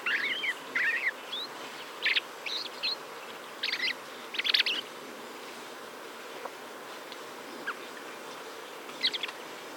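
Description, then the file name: Common blackbird calls as scattered short bursts of squeaky chirps, clustered in the first half, then mostly quiet with one late burst. "Turdus merula"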